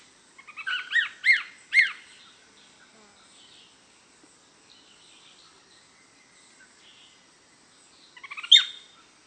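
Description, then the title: Greyish Mourner calls: a rising series of stuttered notes ending in loud upslurred whistles, then a quiet stretch with faint birds, then another stuttered run ending in a sharp whistle. Nominate subspecies Rhytipterna simplex simplex. "LuckyPassaro Completos2Sama. Greyish Mourner (Rhytipterna simplex simplex)"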